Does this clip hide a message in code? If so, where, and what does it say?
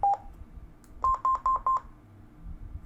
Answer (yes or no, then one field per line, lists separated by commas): no